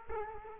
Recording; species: mosquito wingbeat signal from an infrared sensor; Culex quinquefasciatus